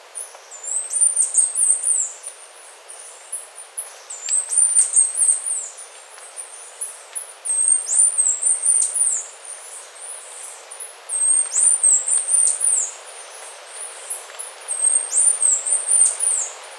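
Bird calls: short bursts of high-pitched sliding notes every few seconds, over a faint background hiss.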